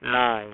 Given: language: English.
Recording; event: throat vibration sensor signal played as sound; speech